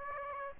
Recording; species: mosquito wingbeat signal from an infrared sensor; Aedes aegypti